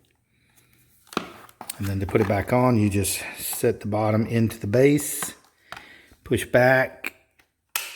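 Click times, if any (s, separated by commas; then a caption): 7.8 s. Someone talks as the detachable handheld vacuum of a Bissell Powerlifter ION Pet stick vacuum is set bottom-first into the stick base and pushed back. A sharp snap at 7.8 s marks it locking into place, confirming the handheld unit is seated in the base.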